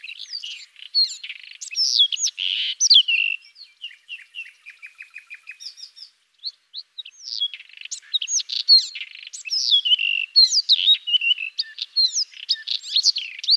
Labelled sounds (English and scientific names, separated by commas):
White-throated Robin (Irania gutturalis) song